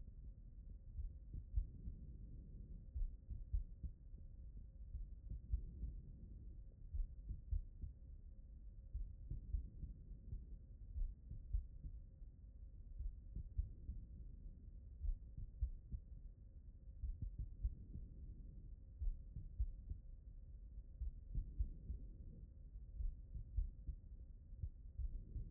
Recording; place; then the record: heart sounds by stethoscope; pulmonary valve (PV)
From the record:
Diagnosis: non-HFrEF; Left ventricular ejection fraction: 69%